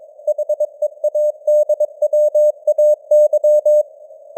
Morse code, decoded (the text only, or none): HEADWAY